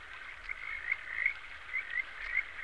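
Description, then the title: Frog croaks, a steady run of short rasping notes repeating rapidly, with several louder bursts. "NHK Sound Effects Collection - 3-Frogs"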